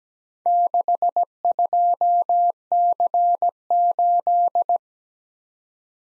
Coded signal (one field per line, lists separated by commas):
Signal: Morse code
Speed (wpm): 20 wpm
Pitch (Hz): 700 Hz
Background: none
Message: 62C8